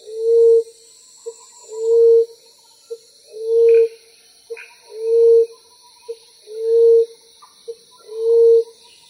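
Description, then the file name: Common emerald dove cooing: low, soft, moaning coos repeated steadily about every one and a half seconds, each preceded by a brief short note, with faint high hiss behind. "翠翼鳩"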